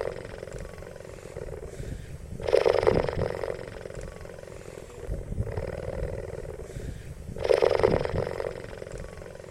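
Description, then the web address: Lion giving low, rasping growls, with two louder surges between softer throaty passages. "лев"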